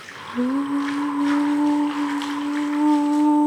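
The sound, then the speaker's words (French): A voice imitates the wind whistling, heard during a car ride, that sounded like whale song, holding one long, steady, moaning tone with a fainter whistle-like pitch above it for about three seconds, with no words. “Et sur la fin, sur le retour dans la voiture, j'entendais le vent qui sifflait et j'étais persuadée d'entendre des chants de baleines.”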